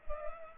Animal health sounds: mosquito wingbeat signal from an infrared sensor; Culex pipiens

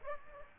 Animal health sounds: mosquito wingbeat signal from an infrared sensor; Aedes aegypti

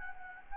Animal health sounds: mosquito wingbeat signal from an infrared sensor; Anopheles gambiae

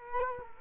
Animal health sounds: mosquito wingbeat signal from an infrared sensor; Culex quinquefasciatus

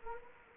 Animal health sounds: mosquito wingbeat signal from an infrared sensor; Anopheles gambiae

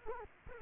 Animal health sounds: mosquito wingbeat signal from an infrared sensor; Culex quinquefasciatus

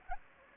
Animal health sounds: mosquito wingbeat signal from an infrared sensor; Anopheles gambiae

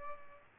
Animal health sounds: mosquito wingbeat signal from an infrared sensor; Aedes albopictus

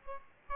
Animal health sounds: mosquito wingbeat signal from an infrared sensor; Aedes albopictus

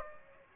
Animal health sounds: mosquito wingbeat signal from an infrared sensor; Aedes aegypti

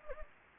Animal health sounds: mosquito wingbeat signal from an infrared sensor; Anopheles gambiae

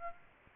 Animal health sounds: mosquito wingbeat signal from an infrared sensor; Aedes aegypti

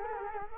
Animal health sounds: mosquito wingbeat signal from an infrared sensor; Culex quinquefasciatus

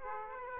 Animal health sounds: mosquito wingbeat signal from an infrared sensor; Aedes aegypti

